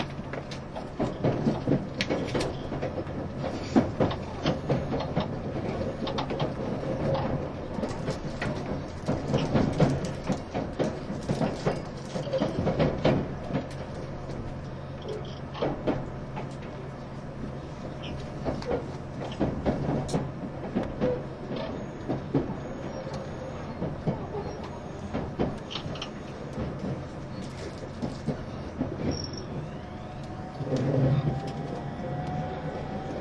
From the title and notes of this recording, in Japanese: E351系 Sあずさ18号02 甲府～八王子。全車引退したJR東日本唯一の振り子式車両であったE351系、速達運用だったSあずさを収録したものです。走行音。